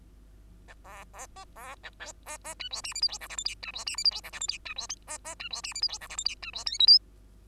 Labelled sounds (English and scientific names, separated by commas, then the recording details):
Bengalese Finch (Lonchura striata domestica) song
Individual Bird2